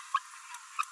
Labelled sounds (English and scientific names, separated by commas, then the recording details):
Green-rumped Parrotlet (Forpus passerinus) babbling
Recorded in a nest box in Venezuela
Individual 18B17A3